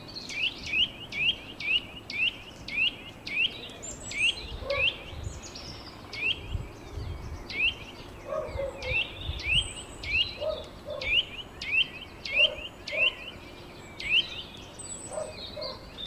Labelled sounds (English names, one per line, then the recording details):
Eurasian Nuthatch song
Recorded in the wild
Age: adult
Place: Bled, SI
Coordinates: 46.37, 14.11
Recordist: Brunner, Thomas